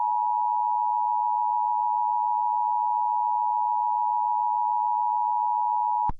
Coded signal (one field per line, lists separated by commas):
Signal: Emergency Alert System (SAME) tones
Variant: 853 and 960 Hz attention tone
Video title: EAS Scenario: Piper O'Possum